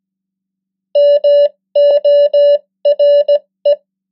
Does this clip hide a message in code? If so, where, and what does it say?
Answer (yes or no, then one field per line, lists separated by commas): yes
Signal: Morse code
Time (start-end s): 1.0-3.7 s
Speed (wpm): 17 wpm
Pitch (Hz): 580 Hz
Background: none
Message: MORE